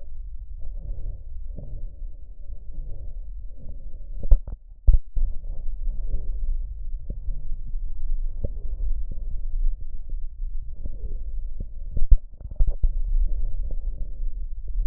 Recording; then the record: lung sounds by stethoscope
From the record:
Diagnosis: emphysema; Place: left posterior upper chest